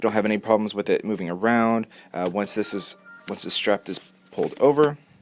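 Someone talks while handling the closure strap of an iTronz 360 rotating tablet case for an iPad 3, getting ready to pull it over the front cover into its fastener. The clip ends before the strap snaps into place, so nothing has seated or clicked yet.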